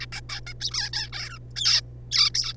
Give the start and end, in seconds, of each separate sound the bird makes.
0.01-0.06, 0.12-0.20, 0.29-0.41, 0.47-0.53, 0.60-0.70, 0.71-0.91, 0.93-1.09, 1.12-1.38, 1.56-1.81, 2.11-2.31, 2.35-2.53